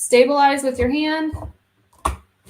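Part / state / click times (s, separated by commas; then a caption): embroidery hoop into the embroidery unit arm of a sewing machine / seated / 2.1 s. Someone talks while steadying a Designer Quartz 29 sewing machine by hand and pushing the embroidery hoop's clip onto the embroidery unit arm. After a short quiet pause, one sharp click at 2.1 s shows the hoop snapping into place on the arm.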